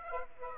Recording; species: mosquito wingbeat signal from an infrared sensor; Aedes aegypti